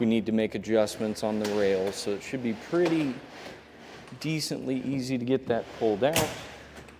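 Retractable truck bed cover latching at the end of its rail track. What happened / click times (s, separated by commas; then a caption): The cover is being handled along its rails but has not latched yet / none. A Pace Edwards Switchblade retractable hard tonneau cover on a 2017 Ford F-350 Super Duty is pulled along its rails toward the end of the truck bed, checking for any binding or need to adjust the rails. Someone talks throughout, with a few faint handling sounds in the background. Nothing has latched or clicked yet.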